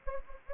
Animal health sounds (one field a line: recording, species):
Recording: mosquito wingbeat signal from an infrared sensor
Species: Anopheles gambiae